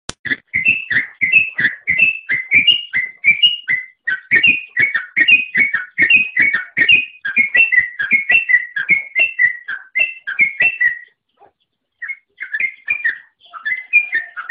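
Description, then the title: Oriental magpie-robin song made of fast, repeated, slurred whistles in a steady rhythm, stopping abruptly near the end before the notes resume. "Kicau Kacer"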